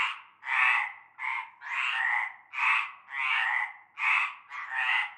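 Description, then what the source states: Several frogs croak together, their loud rasping notes running into one another in irregular pulses. Chorus of frogs calling from nightfall in a large concrete basin with stagnant greenish water, Avenue Cante Coucou, Groupède, La Ciotat, Bouches-du-Rhône, France.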